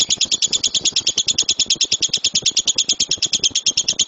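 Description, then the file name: Lovebird song: steady, evenly spaced high chattering notes, continuous throughout. Lovebird named Dora, owned by JNJ. "lovebird dora milik jnj omkicau"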